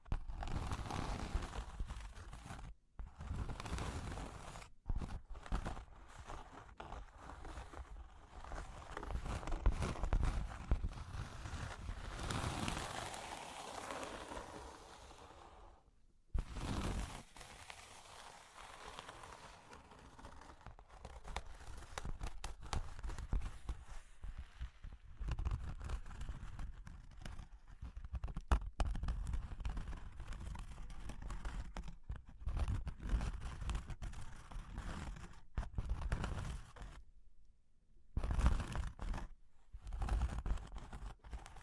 Cork and Wood Tapping, Scratching, Tracing